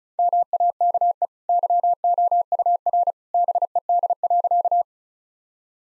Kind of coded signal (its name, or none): Morse code